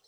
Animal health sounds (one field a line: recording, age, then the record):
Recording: pig call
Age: piglet (1 to 25 days)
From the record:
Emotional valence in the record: positive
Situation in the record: short reunion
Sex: male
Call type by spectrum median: high-frequency call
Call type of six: low-frequency tonal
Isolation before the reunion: 3 minutes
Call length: 0.08 s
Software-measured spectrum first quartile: 3382 Hz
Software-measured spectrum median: 4448 Hz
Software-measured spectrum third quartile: 6281 Hz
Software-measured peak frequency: 4076 Hz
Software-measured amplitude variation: 128 dB a second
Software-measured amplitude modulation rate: 6.0 a second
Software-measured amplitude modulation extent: 21.1 dB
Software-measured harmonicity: 2.3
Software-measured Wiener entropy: -1.50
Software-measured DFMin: 584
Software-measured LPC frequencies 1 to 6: 611, 1329, 3143, 4143, 5438, 6099 Hz